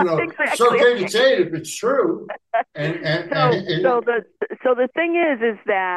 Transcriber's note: laughs